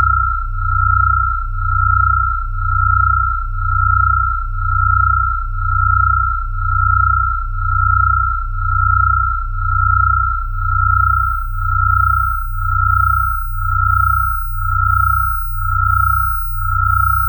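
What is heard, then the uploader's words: Binaural beats: a steady pure tone sits in the upper middle, joined by a dense low hum that swells and fades in slow, regular pulses about every second. Nothing else enters; the two layers hold unchanged from start to finish. Binaural & pluraural beats made with recorded directly from the output of DIN is Noise at sandokan bay in berlin.eu.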